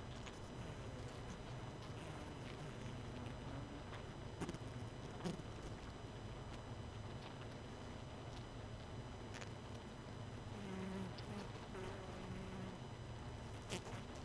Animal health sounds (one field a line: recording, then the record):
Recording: honeybee colony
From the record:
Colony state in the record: missing queen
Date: 31 May 2018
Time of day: 23:51